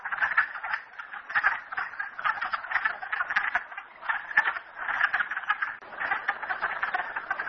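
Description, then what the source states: Frogs calling in a dense chorus, overlapping rapid pulsed trills and clicks that rise and fall in waves with brief lulls. Frogs recorded at Merryspring.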